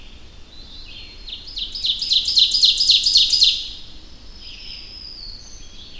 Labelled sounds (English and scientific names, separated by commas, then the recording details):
Ovenbird (Seiurus aurocapilla) song
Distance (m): 5 m
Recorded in boreal forest in Alberta, Canada, on 25 June 2016 at 06:37
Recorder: SongMeter 3, array SBT-6-76
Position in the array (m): 35 m, 104 m
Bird 2